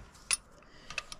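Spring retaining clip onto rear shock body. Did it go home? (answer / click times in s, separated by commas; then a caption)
yes / 0.3 s. After refitting the coil spring on a Fox Shox DHX2 rear mountain bike shock, a metal retaining clip is slid down over the spring collar onto the shock body. It clicks sharply into place at 0.3 s, followed by a few fainter metallic ticks near 0.9 to 1.1 s. The clip is seated.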